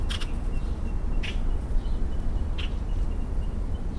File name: mockingbird